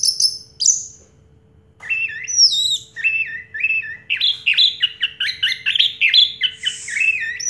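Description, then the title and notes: Orange-headed thrush song: a few high whistles, a short gap, then a long, quickening series of slurred whistled notes. Song in the teler style, described as having a clear voice; a complete collection of this bird's sounds. "Anis Merah Teler Suara Jernih. kumpulan suara anis merah lengkap"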